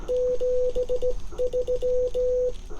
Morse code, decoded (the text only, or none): 73